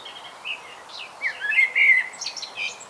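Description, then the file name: Common blackbird giving a brief burst of mellow whistled notes that strengthens into a sustained fluty phrase, then ends in high, thin squeaks. "Turdus merula"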